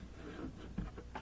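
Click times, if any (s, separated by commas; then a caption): 1.2 s. The front tabs of a second plastic light cover have been placed in a Whirlpool refrigerator's ceiling liner, and its back is pushed up into the liner. After a dull knock near 0.8 s, a short sharp click at 1.2 s marks the cover locking into place. The cover is seated.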